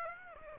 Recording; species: mosquito wingbeat signal from an infrared sensor; Aedes aegypti